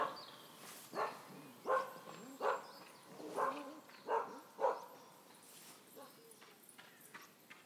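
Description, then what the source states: Dog barking, six sharp barks in quick succession over about four seconds, then quieter, with faint bird calls in the background. Dog barking in a forest as a jogger passes by.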